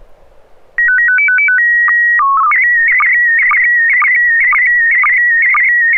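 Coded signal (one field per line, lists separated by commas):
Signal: SSTV (slow-scan television)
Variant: PD 120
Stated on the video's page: SSTV net on an FM repeater at 441.300 MHz, images sent with MMSSTV software.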